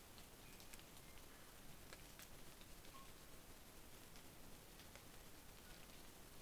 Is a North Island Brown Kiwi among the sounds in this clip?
no